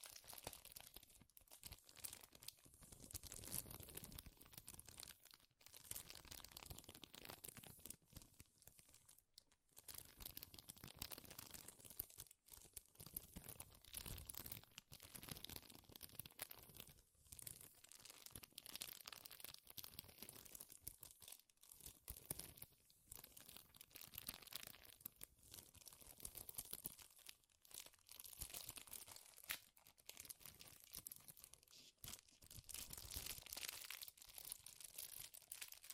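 Loud, dense crinkling goes on almost without a break for the whole stretch, a crisp crackle reaching high into the treble with rough tearing and crunching bursts mixed in. Short silent gaps cut through it every few seconds, around 5, 9, 17 and 27 seconds.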